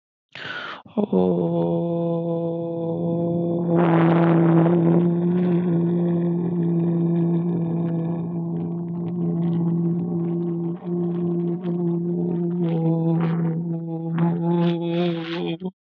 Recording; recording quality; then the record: sustained vowel as in boot; excellent, no background noise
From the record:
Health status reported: healthy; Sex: male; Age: 19 years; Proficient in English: yes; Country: India